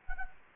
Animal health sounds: mosquito wingbeat signal from an infrared sensor; Anopheles gambiae

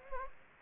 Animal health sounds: mosquito wingbeat signal from an infrared sensor; Anopheles gambiae

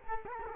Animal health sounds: mosquito wingbeat signal from an infrared sensor; Culex quinquefasciatus

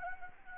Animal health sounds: mosquito wingbeat signal from an infrared sensor; Anopheles arabiensis

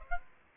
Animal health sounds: mosquito wingbeat signal from an infrared sensor; Aedes aegypti

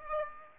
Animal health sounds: mosquito wingbeat signal from an infrared sensor; Aedes aegypti

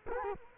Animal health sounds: mosquito wingbeat signal from an infrared sensor; Culex quinquefasciatus

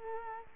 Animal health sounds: mosquito wingbeat signal from an infrared sensor; Culex quinquefasciatus

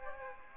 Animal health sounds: mosquito wingbeat signal from an infrared sensor; Aedes aegypti

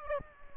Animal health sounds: mosquito wingbeat signal from an infrared sensor; Aedes aegypti

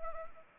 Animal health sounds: mosquito wingbeat signal from an infrared sensor; Anopheles arabiensis

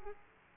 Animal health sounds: mosquito wingbeat signal from an infrared sensor; Aedes aegypti

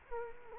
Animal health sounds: mosquito wingbeat signal from an infrared sensor; Culex quinquefasciatus

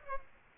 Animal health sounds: mosquito wingbeat signal from an infrared sensor; Aedes aegypti

